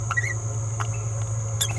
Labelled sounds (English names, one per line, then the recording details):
Green-rumped Parrotlet babbling
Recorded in a nest box in Venezuela
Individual 18B17A4